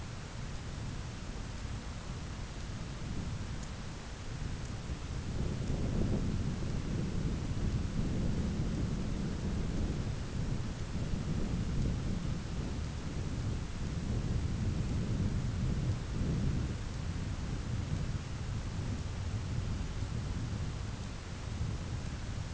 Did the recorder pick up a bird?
no